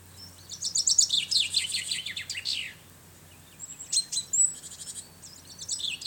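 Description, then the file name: Common chaffinch song: a rapid trill descending in pitch, followed by a burst of high, thin notes and another descending phrase. "Fringilla coelebs"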